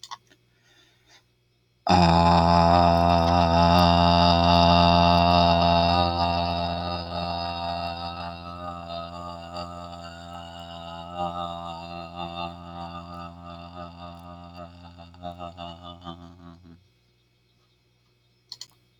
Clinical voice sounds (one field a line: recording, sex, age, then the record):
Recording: vowel held as long as possible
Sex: male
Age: 30 to 39 years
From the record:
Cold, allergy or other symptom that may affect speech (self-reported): no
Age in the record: 30 years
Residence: Kentucky, United States